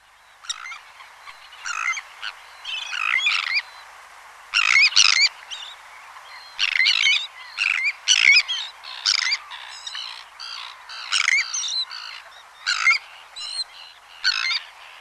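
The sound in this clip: Bird calls in bursts of harsh, high chattering notes, each burst under a second long, coming irregularly every one to two seconds against a quiet background.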